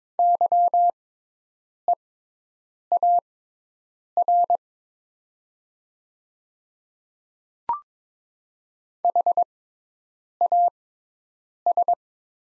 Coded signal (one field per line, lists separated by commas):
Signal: Morse code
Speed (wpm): 22 wpm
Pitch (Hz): 700 Hz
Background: none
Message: YEAR HAS